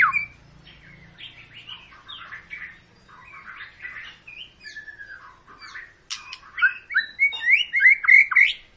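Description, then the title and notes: White-rumped shama song: a soft series of warbled phrases that swells into loud, rapidly repeated whistles and sharp notes toward the end. Long continuous (gacor) lure recording used to make other birds sing. "Pancingan Murai Batu Gacor Panjang. muraiku"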